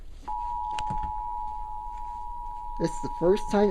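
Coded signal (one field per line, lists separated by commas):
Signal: Emergency Alert System (SAME) tones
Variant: 853 and 960 Hz attention tone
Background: speech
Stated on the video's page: Required monthly test heard on radio and TV.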